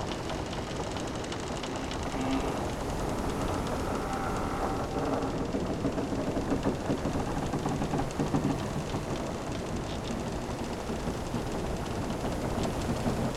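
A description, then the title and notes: A stranded ship groans on the beach, its hull giving off a steady, dense rumble of low grinding and scraping. Faint creaks and metallic squeals rise briefly now and then, around the two-second and eight-second marks, over a constant dull roar. Creaky Stranded Ship on the Beach. The creaks of the stranded ship on the beach play in the background.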